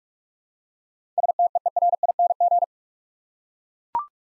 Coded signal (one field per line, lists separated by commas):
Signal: Morse code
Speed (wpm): 44 wpm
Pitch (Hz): 700 Hz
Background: none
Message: STEERING